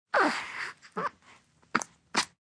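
A sharp sneeze from a 3-week-old baby opens, followed by small soft coos and breathy vocal sounds, a sound effect.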